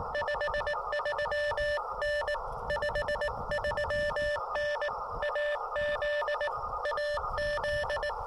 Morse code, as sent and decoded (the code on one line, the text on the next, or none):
..... ...-- -. / ..... ...-- -. / .- --.. / .- --..
53N 53N AZ AZ